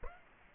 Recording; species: mosquito wingbeat signal from an infrared sensor; Aedes aegypti